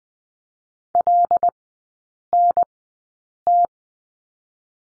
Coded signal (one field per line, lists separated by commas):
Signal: Morse code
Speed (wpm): 20 wpm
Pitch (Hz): 700 Hz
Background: none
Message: LNT